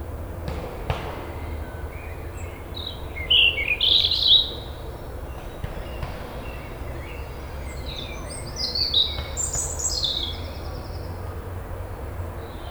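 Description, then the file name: European robin song: thin, high warbled phrases with sliding whistles and short trills in two bursts, separated by pauses, over a steady low background hum. "Erithacus rubecula"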